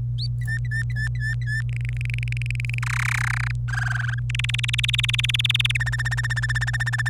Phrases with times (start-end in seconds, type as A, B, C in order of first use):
0.18-0.27 A, 0.42-1.61 B, 1.69-2.79 C, 2.82-3.51 D, 3.68-4.19 E, 4.29-5.77 F, 5.80-7.09 G